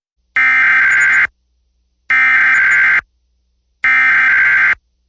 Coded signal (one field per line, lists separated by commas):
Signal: Emergency Alert System (SAME) tones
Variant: header bursts